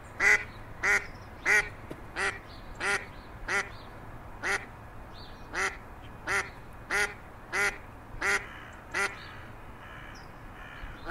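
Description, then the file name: Mallard quacking, a steady series of harsh, nasal quacks repeated roughly every two-thirds of a second, about fourteen in all, over a faint low hum. "mallard duck sound"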